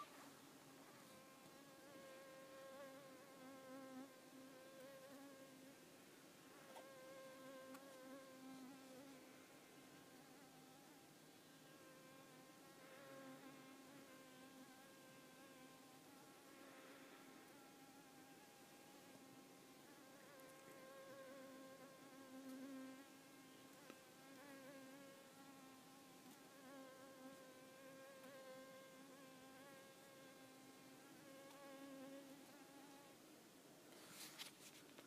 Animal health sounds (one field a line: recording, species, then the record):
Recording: mosquito flight sound by mobile phone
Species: Culiseta incidens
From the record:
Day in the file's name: 4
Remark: blood-fed, one hour after the blood meal